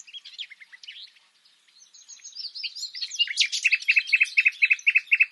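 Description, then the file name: Common nightingale song of soft, varied twittering that swells into loud chirps and ends in a crisp rapid series of repeated notes. "Luscinia megarhynchos"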